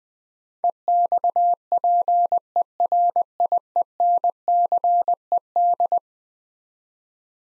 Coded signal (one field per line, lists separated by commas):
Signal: Morse code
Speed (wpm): 20 wpm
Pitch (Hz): 700 Hz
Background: none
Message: EXPERIENCED